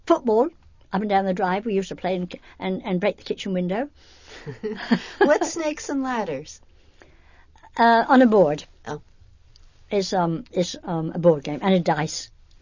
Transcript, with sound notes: Football, up and down the drive, we used to play, and break the kitchen window. ( they laugh )
What's Snakes and Ladders?
Uh, on a board. It's a board game, and a dice,